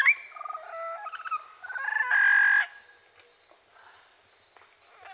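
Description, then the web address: Parrot calls: a run of varied whistled and nasal notes ending in a loud harsh squawk, then quiet with faint clicks. "parrots YC"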